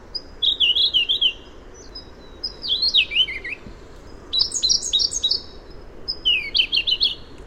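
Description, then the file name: Siberian blue robin song: four phrases, each a thin high whistle followed by a rapid, jumbled, twittering trill, over a steady low background hiss. "suara robin biru siberia omkicau"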